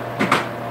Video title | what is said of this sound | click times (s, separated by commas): Tupperware Mystery Hostess With Angie's Pantry | and you hear it click there's a little rubber base on here that stops IT from sliding | 0.3 s